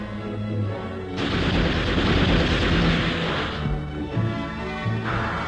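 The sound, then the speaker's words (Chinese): A loud burst of gunfire from guerrilla fighters erupts as a dense, crackling roar over a low rumbling background, lasting a couple of seconds before easing, then flaring again briefly at the end. “随着游击队的一阵枪声，匪军大乱。”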